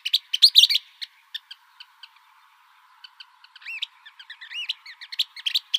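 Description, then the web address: Western kingbird giving a burst of sharp, squeaky chattering notes, a brief pause with scattered clicks, then more bickering, rising twittery calls. Arizona. "Flycatchers AZFO WEKI deviche"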